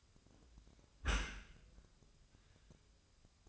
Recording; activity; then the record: daily activity, microphone in the room; close dishwasher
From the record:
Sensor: 2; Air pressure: 1004.6 hPa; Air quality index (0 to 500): 106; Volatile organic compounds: 2 ppm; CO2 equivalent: 1283 ppm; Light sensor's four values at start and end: 6/15/6/6 and 6/15/6/6